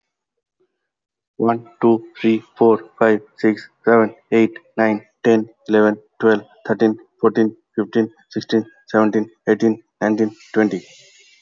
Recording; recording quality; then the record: counting at a fast pace; excellent, no background noise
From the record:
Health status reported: healthy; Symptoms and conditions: none ticked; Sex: male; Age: 40 years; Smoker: not ticked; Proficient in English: yes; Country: India